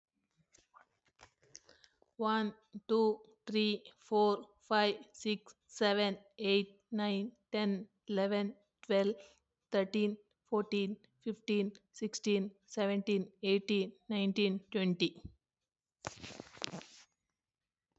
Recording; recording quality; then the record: counting at a normal pace; excellent, no background noise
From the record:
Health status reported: recovered from COVID-19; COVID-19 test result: positive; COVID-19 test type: RT-PCR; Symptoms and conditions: cough, cold, sore throat, muscle pain, diabetes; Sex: female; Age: 42 years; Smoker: no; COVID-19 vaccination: both doses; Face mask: worn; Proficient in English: yes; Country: India